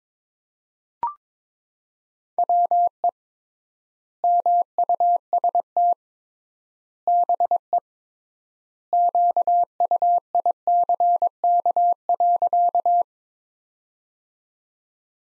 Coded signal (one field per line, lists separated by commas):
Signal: Morse code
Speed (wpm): 22 wpm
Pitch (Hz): 700 Hz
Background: none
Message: WE MUST BE QUICK.